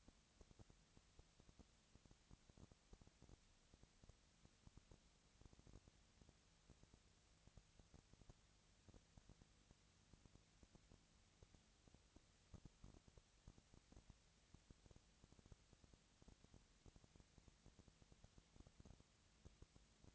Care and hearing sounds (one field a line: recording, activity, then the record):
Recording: daily activity, microphone in the room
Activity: no activity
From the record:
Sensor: 3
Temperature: 20.4 degrees Celsius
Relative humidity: 34.4%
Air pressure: 997.0 hPa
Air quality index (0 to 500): 205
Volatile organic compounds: 68 ppm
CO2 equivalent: 3503 ppm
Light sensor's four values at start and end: 2/3/2/2 and 2/3/2/2